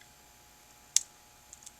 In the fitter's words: it elevates it screw a little bit you can actually feel it there's a nice click to it see if you can hear it